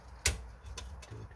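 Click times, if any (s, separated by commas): 0.3 s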